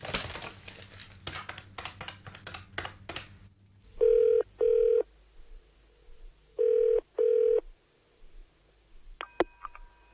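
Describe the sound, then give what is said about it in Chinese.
A quick run of sharp clicking as a number is dialed, then a telephone ring tone sounding in two double bursts, steady and high-pitched, ending with a faint click. “打个电话俾佢先。”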